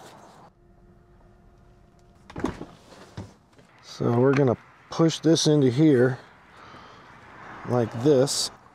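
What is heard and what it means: A CCS-to-Tesla charging adapter is pushed by hand onto a DC fast-charger's CCS plug at a charging station, with short handling knocks and scrapes around 2.3 to 2.5 s and 3.2 s over a low steady hum while someone talks. The adapter is still being handled, and nothing has seated or clicked yet.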